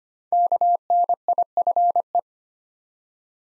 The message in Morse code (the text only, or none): KNIFE